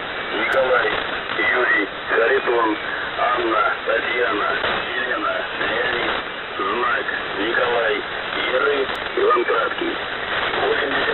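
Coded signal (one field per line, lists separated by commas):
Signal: coded military voice message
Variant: The Pip, Russian voice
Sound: a male voice reading a message over noisy shortwave radio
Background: radio static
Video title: The Pip | 17th August 2023 | Monolith Voice Message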